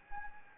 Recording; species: mosquito wingbeat signal from an infrared sensor; Anopheles gambiae